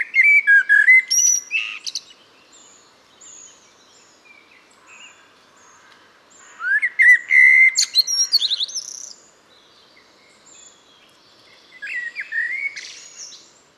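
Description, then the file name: Common blackbird singing three separate phrases, each a rich, fluted warble followed by high scratchy twitters. "Turdus merula"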